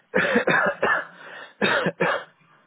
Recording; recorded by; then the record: voluntary cough; telephone call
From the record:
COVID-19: negative